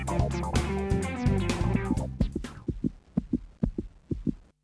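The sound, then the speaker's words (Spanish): A dense, humming musical swell fades out, leaving a steady heartbeat: deep, muffled lub-dub thumps in pairs, repeating about four times at an even pace before stopping. “Cuando arrimás la oreja a La Colectiva, vas a escuchar latidos.”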